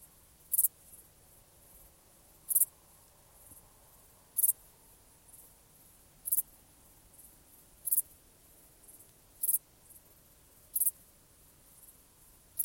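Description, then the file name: Grasshopper stridulation: short, very high, scratchy bursts repeated roughly every one and a half to two seconds over a quiet, low background hiss. "zvuki kuznechika"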